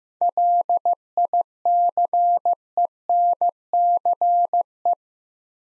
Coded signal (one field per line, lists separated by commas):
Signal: Morse code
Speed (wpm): 15 wpm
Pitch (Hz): 700 Hz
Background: none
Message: LICENCE